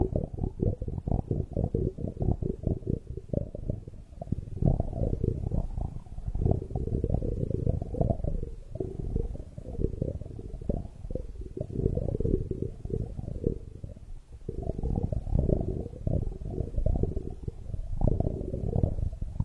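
Bubbles gurgle continuously in a dense, irregular stream of low, muffled pops and burbles. The sound stays dull, with nothing bright above it, and swells and eases slightly in loudness over the whole stretch without pausing.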